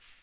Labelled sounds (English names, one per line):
Tennessee Warbler flight call